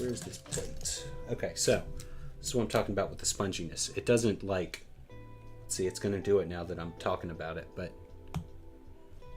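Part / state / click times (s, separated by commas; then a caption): plastic brick plate onto compatible bricks / not seated / none. Someone talks over background music while pressing a tan plastic brick plate onto compatible building bricks, with the fit feeling spongy. Soft pressing and handling sounds come through, plus a brief sharp tap near the end. The plate has not clicked or seated yet.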